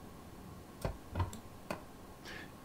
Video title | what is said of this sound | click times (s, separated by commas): Daher 930 cargo door open and close. | you have to hear that click click click okay | 1.2 s, 1.3 s, 1.7 s